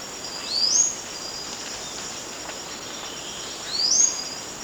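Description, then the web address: Blue-rumped manakin call: a thin, high, rising whistled note, given twice about three seconds apart, over a constant high insect drone. Recorded in Ecuador. "Birds of Ecuador. Blue-Rumped Manakin"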